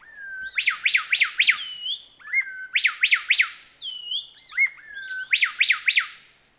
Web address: Natures Songs S America Eastern Lowlands Pheugopedius coraya, duet and call